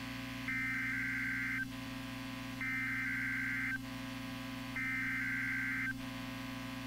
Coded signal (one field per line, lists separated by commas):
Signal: Emergency Alert System (SAME) tones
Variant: header bursts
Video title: EAS #1574 - ICE STORM WARNING 1-14-2017